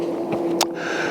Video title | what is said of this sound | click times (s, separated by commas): Thirty-Two Jones MTB Boots 2023 - 24 Splitboarding Boots | comes up and then he snaps into place right there pretty cool feature | 0.6 s